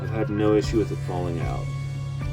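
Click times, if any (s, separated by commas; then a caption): none. A plastic base piece is handled against the body of a Marvel Legends The Infinity Saga action figure from the Iron Man Mark 85 and Thanos two-pack; the piece has no articulation and is made to simply snap in. Someone talks over a steady low hum, with no sharp click. Nothing has seated or clicked yet, so the piece is not yet home.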